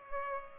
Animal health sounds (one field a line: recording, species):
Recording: mosquito wingbeat signal from an infrared sensor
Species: Culex pipiens